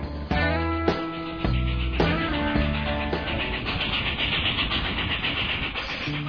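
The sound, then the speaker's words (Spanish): A train pulls in: a few loud, steady horn-like tones sound over a rumbling engine, then the blasts give way to continuous mechanical clatter and roar. “El tren está llegando.”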